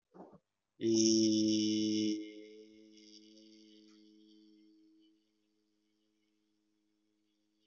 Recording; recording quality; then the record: sustained vowel as in beet; excellent, no background noise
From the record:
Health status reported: respiratory illness, not identified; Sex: male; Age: 29 years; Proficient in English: yes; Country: India